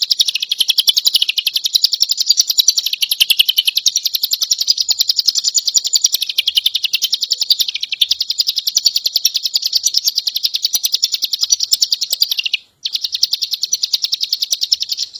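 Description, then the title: Leafbird song, a busy, high-pitched chatter of quick repeated notes going on almost without pause for fifteen seconds, with one brief break near the end. Indonesian local name cigun; the bird is described as gacor, singing vigorously and continuously. "Cigun Gacor By Kicauan.net"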